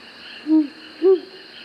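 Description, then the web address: Azara's night monkey giving two low, short hoots about half a second apart, the second slightly higher, over a steady background of insect buzzing. Recorded in the South American rainforest. "Natures Songs S America Primates of the Rainforest Azara's night monkey"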